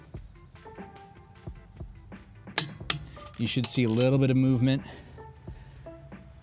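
A torque wrench tightens the next lug nut on a 2023 Nissan Leaf wheel in a diagonal pattern during a tire rotation, with a little movement before it clicks. Two sharp, loud clicks at 2.6 s and 2.9 s mark the wrench breaking over at its torque setting, and someone talks afterward.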